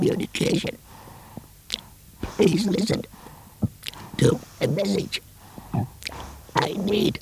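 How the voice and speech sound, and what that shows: An adult man after laryngectomy speaks with a rough, breathy, creaky voice and unsteady pitch, in short chunks separated by long pauses, yet the words stay intelligible. This is alaryngeal speech: with the larynx removed, the voice comes from an alternative source.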